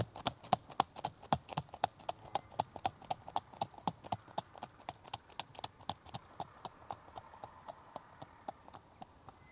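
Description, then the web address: Horse trotting, crisp hoof strikes on a hard road in a steady rapid rhythm, fairly soft throughout against quiet background hiss. Horse at a fast trot on tarmac, approaching, stopping and then departing, moving right to left. "BBC Horses Trotting"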